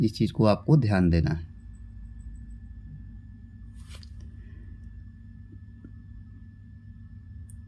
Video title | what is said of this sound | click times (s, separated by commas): Replace heating element in a washing machine | अभी नहीं बैठ रहा है क्योंकि हमने उसको लूज नहीं हां ये यही वाला नट इसको और प्रेस करके एक बार हम बाहर निकल के फिर से देख लेते हैं | none